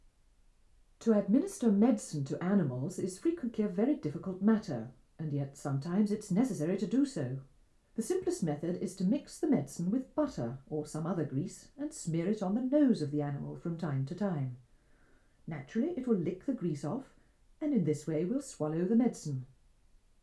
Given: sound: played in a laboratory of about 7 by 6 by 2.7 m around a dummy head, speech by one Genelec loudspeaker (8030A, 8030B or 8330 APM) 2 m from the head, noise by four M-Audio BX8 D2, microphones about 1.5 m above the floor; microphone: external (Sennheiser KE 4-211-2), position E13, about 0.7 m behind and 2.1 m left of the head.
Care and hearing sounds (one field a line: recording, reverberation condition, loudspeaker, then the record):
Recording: female speech in English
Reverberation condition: low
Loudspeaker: 90 degrees to the left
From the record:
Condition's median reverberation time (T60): about 310 ms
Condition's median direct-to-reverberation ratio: about 3.5 dB